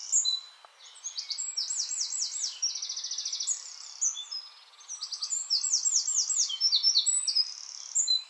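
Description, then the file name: Eurasian wren song, a continuous stream of sharp high notes and quick mechanical trills, briefly easing off near the middle before resuming. "Troglodytes troglodytes"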